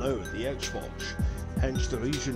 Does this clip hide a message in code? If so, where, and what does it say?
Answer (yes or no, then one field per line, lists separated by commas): no